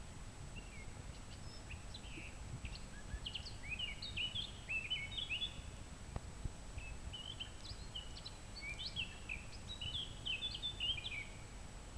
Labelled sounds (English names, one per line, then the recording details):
Eurasian Blackcap song
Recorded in the wild
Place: SI
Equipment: Hornyphon Bandgerät, Phillips Mikrofon Type EL 6020
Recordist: Brunner, Thomas